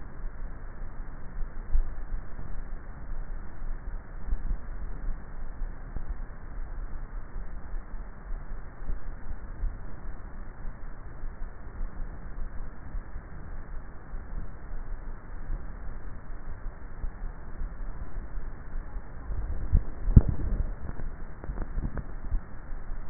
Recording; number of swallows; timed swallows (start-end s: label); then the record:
swallowing sounds by neck microphone; 2
4.28-5.05 s: swallow
19.45-20.38 s: swallow
From the record:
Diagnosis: dysphagia